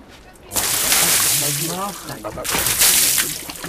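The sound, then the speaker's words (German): Water is poured over a fur pelt being washed for tanning, pouring and splashing in a steady, loud rush that starts abruptly and runs to the end, with a brief voice sounding underneath partway through. “ich brauche einen, der Wasser zugießt.”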